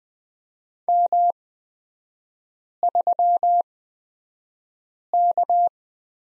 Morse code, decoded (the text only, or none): M3K